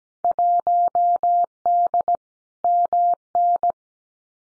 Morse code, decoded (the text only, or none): 1D MN